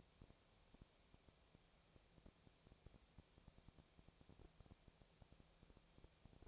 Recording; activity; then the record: daily activity, microphone in the room; no activity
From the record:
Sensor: 1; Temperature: 19.6 degrees Celsius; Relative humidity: 36.5%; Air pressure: 997.1 hPa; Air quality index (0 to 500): 204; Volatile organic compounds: 128 ppm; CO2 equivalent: 3917 ppm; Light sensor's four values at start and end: 1/2/1/1 and 1/2/1/1